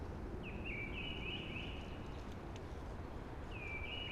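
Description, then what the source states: Blackbird giving a mellow warbled song phrase, then a second begins near the end, against steady hushing noise. Early singing among hushing conifers.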